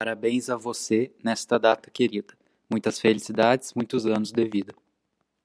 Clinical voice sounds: short text; Brazilian Portuguese; male; 18 to 19 years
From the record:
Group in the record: control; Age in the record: 18 years

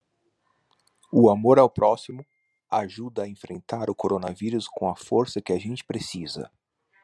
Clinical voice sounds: spoken sentence; Brazilian Portuguese; male; 30 to 39 years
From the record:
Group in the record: control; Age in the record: 33 years

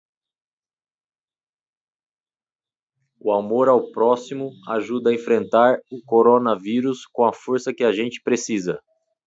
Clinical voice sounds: spoken sentence; Brazilian Portuguese; male; 40 to 49 years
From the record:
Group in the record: control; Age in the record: 40 years

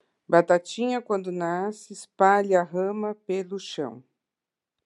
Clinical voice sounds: short text; Brazilian Portuguese; female; 60 to 69 years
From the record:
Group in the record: control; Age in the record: 62 years

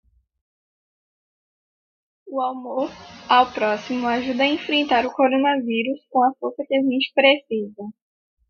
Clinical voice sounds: spoken sentence; Brazilian Portuguese; female; 20 to 29 years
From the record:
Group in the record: control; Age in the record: 21 years

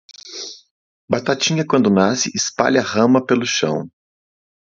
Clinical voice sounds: short text; Brazilian Portuguese; male; 40 to 49 years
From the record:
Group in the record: control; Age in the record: 42 years

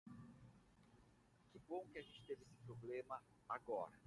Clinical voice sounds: spoken sentence; Brazilian Portuguese; male; 40 to 49 years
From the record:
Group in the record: control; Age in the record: 46 years

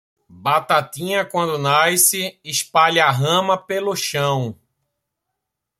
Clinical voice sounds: short text; Brazilian Portuguese; male; 30 to 39 years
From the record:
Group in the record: control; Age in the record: 39 years

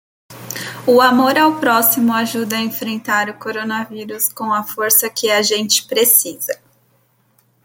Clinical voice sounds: spoken sentence; Brazilian Portuguese; female; 30 to 39 years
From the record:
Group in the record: control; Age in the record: 36 years

